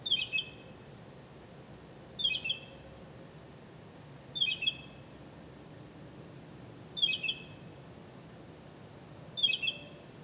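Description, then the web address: Bird calls: very high, brief double chirps repeated about every two and a half seconds, five times, with quiet steady background between. "misc bird"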